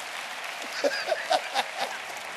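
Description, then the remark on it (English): A crowd applauding to give God a hand for blessing, dense steady clapping with a few sharper, louder claps standing out and some faint vocal calls mixed in, lasting a couple of seconds. “Give God a hand for blessing.”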